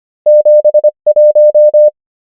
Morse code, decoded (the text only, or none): 7 1